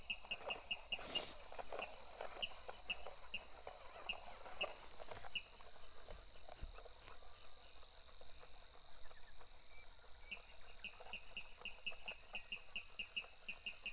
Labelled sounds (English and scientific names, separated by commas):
Water Rail (Rallus aquaticus) song